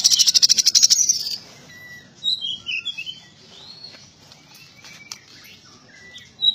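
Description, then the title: Small bird begins with a quick high buzzy trill, then softer scattered whistles and thin chirps spaced by short silences. "Burung Kecil"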